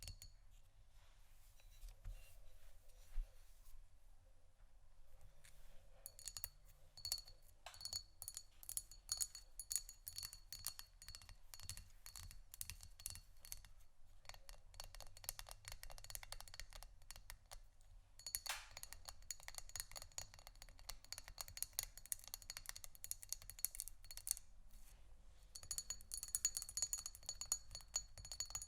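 Scratching and tapping on canisters, dense and busy, with rapid bright clicks and scrapes that thicken after about six seconds and carry on almost without pause. A thin high ringing tone sits under much of it, and a soft low rumble runs throughout.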